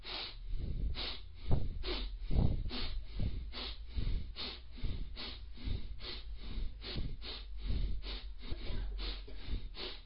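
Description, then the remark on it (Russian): Rapid, forceful breaths pumped out in a steady rhythm as a breathing exercise done while staring at the tip of a raised index finger, roughly two sharp huffs per second, each a short breathy burst, continuing evenly with no talking. “Теперь посмотрите на него, на кончик этого пальца, не отрывая глаз, думайте об этом кончике и начинайте дышать таким образом.”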